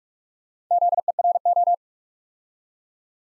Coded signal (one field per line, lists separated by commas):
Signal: Morse code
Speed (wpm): 44 wpm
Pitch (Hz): 700 Hz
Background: none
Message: ZERO